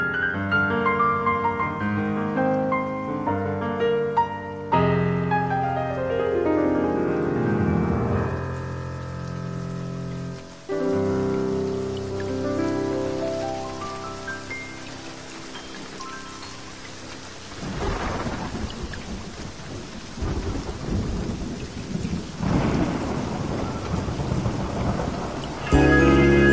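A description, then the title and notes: Smooth jazz with sustained, layered chords fills the first seventeen seconds, with a sliding, falling figure around five to eight seconds. Then the music gives way to heavy rain and rumbling surges that swell near seventeen, twenty-two and twenty-six seconds. Smooth Jazz & Rain.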